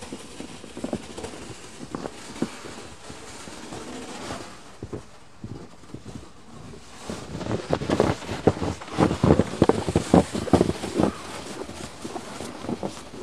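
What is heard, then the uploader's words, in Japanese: Snow being cleared, with irregular scraping and thudding strokes over a steady low rustle. The strokes are sparse and soft at first, pause briefly around the fifth second, then come louder and quicker from about eight to eleven seconds before easing off. 湯治場ラジオ 雪下ろしASMR。村井六助さんでの雪下ろしの音を配信します。会話はありません。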